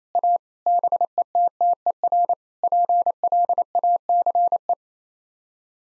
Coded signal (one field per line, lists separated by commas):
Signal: Morse code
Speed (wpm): 28 wpm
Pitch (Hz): 700 Hz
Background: none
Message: A BETTER PLACE